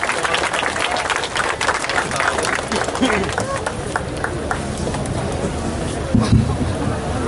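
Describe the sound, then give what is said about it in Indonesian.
An audience breaks into dense, crackling applause that is loud at first, then thins and fades over the next few seconds, with a murmur of crowd voices underneath. “Yang boleh tepuk tangannya.”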